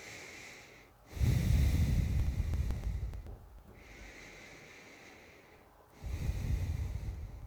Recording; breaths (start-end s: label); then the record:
nose breathing near a microphone
0.00-0.85 s: inhalation
0.85-3.57 s: exhalation
3.57-5.77 s: inhalation
5.77-7.47 s: exhalation
From the record:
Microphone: phone